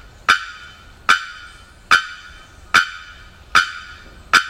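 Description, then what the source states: Bearded bellbird uttering a steady series of six explosive, clanging bonk notes, evenly spaced under a second apart, each ringing briefly before fading. Rapid bonks; recorded 27 October 2001.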